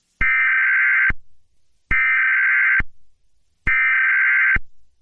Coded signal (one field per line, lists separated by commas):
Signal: Emergency Alert System (SAME) tones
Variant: header bursts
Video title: EAS Scenario #1 (Piggy)